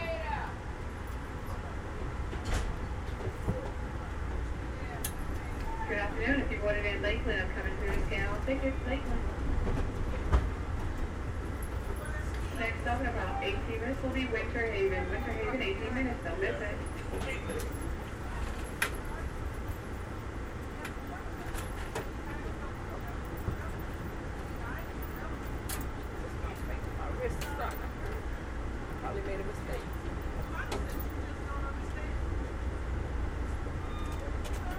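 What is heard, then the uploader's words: A train ride, with a steady low rumble and rolling hiss running the whole time at an even level. Voices talk over it, clearest around 6 to 17 seconds, and small clicks and knocks from the cabin turn up every few seconds. Train Ride From Tampa To Ft.Lauderdale. Ambient Sounds, Train Sounds, White Noise, Talking.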